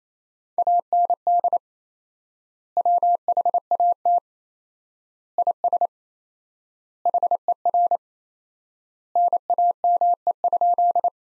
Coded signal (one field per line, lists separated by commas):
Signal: Morse code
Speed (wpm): 28 wpm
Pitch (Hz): 700 Hz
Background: none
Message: AND WHAT IS HER NAME?